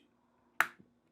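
The last retaining clip on the plastic lens cover of a pair of HDZero FPV goggles releases with a single loud, sharp snap at 0.6 s while the cover is being worked open to remove dust from the lens, followed by a faint softer tick at about 0.8 s. The clip is released and the lens cover is now fully open.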